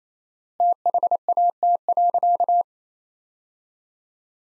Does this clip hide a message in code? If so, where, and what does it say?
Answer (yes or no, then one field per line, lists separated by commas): yes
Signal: Morse code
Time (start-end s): 0.6-2.6 s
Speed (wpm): 28 wpm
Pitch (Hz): 700 Hz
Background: none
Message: THAT.